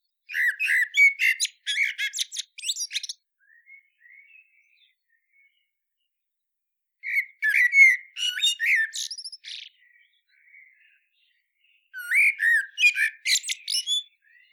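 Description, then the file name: Common blackbird singing in three phrases of warbled notes and high squeaky twittering, each lasting a few seconds and separated by quiet gaps. "Turdus merula"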